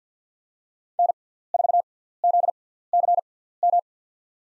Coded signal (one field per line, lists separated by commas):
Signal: Morse code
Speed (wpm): 50 wpm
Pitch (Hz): 700 Hz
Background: none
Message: N4ZCM